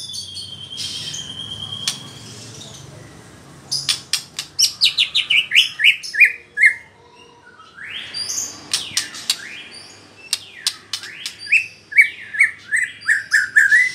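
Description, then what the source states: White-rumped shama song: a thin steady whistle, then a stepping cascade of falling notes and looping sweeps, with clicks between phrases. Female bird.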